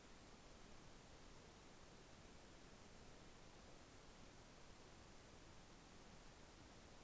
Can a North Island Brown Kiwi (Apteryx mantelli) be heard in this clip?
no